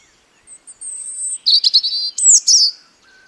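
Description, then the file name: European robin song: a thin, high drawn-out whistle, then a rapid tumbling phrase of twittering, warbling notes ending in a few sweeping high notes. "Erithacus rubecula"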